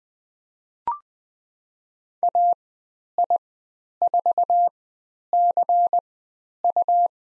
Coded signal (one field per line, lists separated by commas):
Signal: Morse code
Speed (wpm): 20 wpm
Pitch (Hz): 700 Hz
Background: none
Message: AI4CU